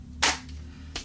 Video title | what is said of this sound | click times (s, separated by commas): Tent Fan Rechargeable and portable | You just make sure you line it up. It snaps right in there. | 0.2 s